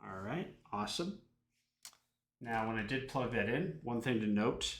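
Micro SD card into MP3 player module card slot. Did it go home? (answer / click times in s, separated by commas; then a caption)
yes / 1.9 s. A micro SD card is pushed into the spring-loaded card slot on an Aideepen YX5300 serial MP3 player module. After someone talks, a short, sharp click sounds at 1.8 s in a quiet gap, and the card is seated and secured, then the talking resumes.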